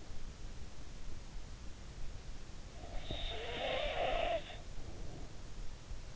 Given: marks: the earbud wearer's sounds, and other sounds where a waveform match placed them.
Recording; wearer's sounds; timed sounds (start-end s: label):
sounds in sleep by an in-ear microphone; snoring breath
2.80-5.32 s: snoring breath